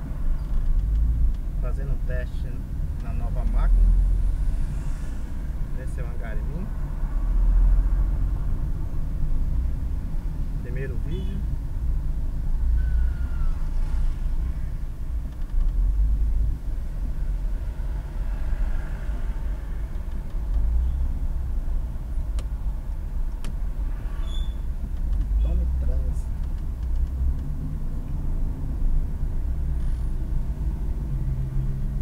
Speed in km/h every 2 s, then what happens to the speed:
20, 20, 20, 20, 19, 14, 11, 11, 10, 7, 8, 6, 10, 14, 14, 12.
0-7 steady at about 20. 7-11 slows to 11. 11-23 steady at about 8. 23-26 speeds up to 14.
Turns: none.